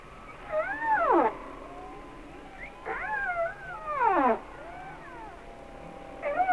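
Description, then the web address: Humpback whale song: falling, wavering harmonic cries with faint swooping tones between them, set against a steady background hiss. "Whale Songs Sounds of Nature - Humpback Whales"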